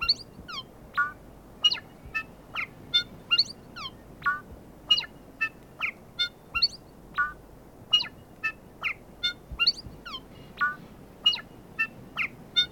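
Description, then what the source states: Bellbird calls: short ringing, bell-like notes with downward slurs, repeated many times in quick succession, with a steady soft hiss beneath. Repetitive call, recorded in 2019.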